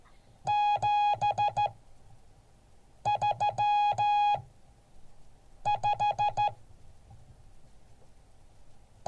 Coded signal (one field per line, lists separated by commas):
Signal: Morse code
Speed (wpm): 14 wpm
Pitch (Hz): 830 Hz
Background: none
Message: 735